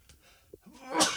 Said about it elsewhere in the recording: Yes, that was a sneeze. That's just how I've always sneezed, and people always ask me, are you coughing or sneezing?